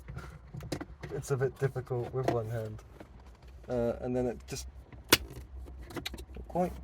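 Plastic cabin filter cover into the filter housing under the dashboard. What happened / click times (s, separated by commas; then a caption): The plastic cover is being handled and has not clearly clicked home / none. A plastic cabin filter cover is pushed one-handed into the filter housing under the dashboard of an Abarth Grande Punto (Fiat Punto 199) while someone talks. Light plastic handling taps and scrapes are heard, with a sharp tap near 5.1 s. The cover has not seated or clicked into place yet.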